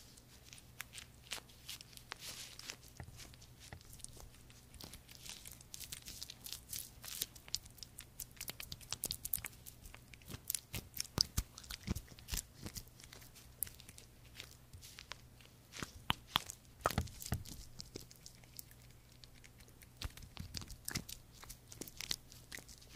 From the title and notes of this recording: ASMR First Person Skin care Room (Korean) (ASMR …). This Asmr has a lot of creamy products, and a lot of massages.